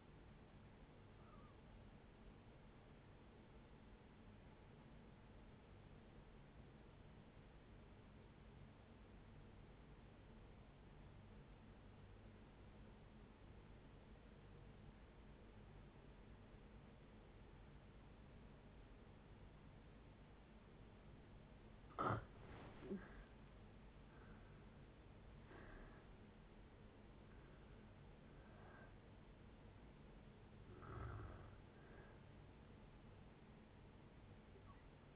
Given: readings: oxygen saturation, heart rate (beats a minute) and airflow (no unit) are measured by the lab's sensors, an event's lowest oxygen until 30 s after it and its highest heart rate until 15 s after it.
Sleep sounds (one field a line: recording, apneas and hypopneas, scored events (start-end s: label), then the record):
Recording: breathing in sleep by a voice recorder at the bedside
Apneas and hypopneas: 1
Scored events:
4.00-23.80 s: obstructive apnea (N2, oxygen 97% highest, then 79% lowest, heart rate 60 at the start, 74 highest)
33.00-35.16 s: new sleep stage, N1 (lightest sleep)
From the record:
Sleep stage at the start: N2 (light sleep)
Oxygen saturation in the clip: 83 to 97%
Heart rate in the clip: 57 to 74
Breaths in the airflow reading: 5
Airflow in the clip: -7.0 to 12.0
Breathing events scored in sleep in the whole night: 496 in 5.4 hours asleep